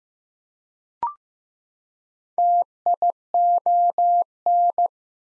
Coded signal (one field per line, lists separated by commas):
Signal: Morse code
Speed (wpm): 15 wpm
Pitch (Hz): 700 Hz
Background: none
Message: TION